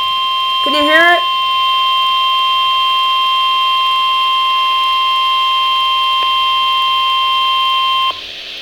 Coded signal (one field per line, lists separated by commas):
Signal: Emergency Alert System (SAME) tones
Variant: 1050 Hz attention tone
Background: speech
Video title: Severe Thunderstorm Warning (EAS #186)